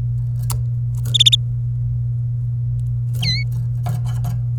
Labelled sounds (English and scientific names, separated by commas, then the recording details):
Domestic Canary (Serinus canaria) song
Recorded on 26 April 2018 at 16:37
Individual llb3